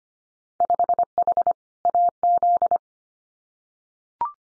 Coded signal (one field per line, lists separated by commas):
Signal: Morse code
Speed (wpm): 25 wpm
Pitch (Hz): 700 Hz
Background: none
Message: 5H AZ